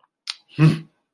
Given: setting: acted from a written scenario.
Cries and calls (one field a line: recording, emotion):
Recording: vocal sound without words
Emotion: contempt